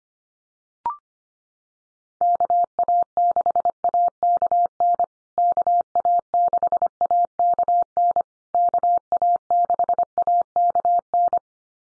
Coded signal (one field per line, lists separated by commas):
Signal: Morse code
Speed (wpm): 25 wpm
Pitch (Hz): 700 Hz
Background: none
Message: KA6AKN KA6AKN KA6AKN